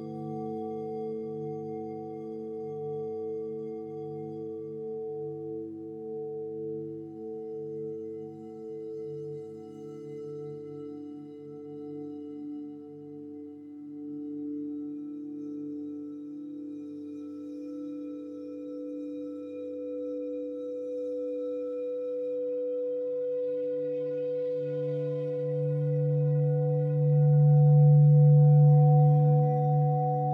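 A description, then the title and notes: Crystal singing bowls ring in a steady, layered drone of sustained pure tones, with a slow pulsing shimmer as the notes beat against each other. The sound stays even, swelling louder near the end as a deep low tone blooms around twenty-six seconds. Crystal Bowl Bath. Float in the present moment with the etherial and soothing sounds of crystal singing bowls.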